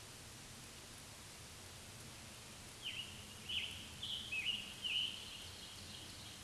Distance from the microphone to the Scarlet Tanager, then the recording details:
about 60 m. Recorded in a Pennsylvania forest on 1 June 2023 at 08:09. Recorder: AudioMoth, point grid3_36_high. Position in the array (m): 165 m, 141 m